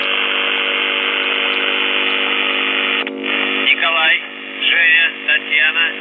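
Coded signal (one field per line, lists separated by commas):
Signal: numbers station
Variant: UVB-76 (The Buzzer)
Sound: harsh continuous buzz for about three seconds, then a voice speaking over the radio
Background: radio static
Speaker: there were four Russian doomsday messages transmitted on the Russian buzzer, which is one of Russia's primary nuclear war frequencies. So I want to play a sample of these messages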